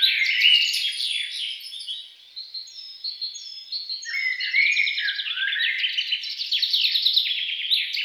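Songbird singing a continuous, rapid warble of high chirps and buzzy trills, with a brief quieter dip midway before a louder, denser run of notes.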